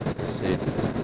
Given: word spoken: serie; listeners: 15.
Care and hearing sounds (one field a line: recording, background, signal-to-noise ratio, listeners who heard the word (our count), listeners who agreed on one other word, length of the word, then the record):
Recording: one Spanish word in noise, from a listening test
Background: noise modulated by three-talker babble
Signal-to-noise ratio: -6.3 dB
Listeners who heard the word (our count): 0 of 15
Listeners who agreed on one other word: 8 of 15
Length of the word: 0.64 s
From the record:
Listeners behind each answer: 8, 2, 1, 1, 1, 1, 1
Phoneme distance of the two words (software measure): 14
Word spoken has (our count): 2 syllables, 5 phonemes, stress on syllable 1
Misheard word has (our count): 1 syllable, 3 phonemes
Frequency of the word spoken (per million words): 168.30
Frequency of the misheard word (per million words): 1526.78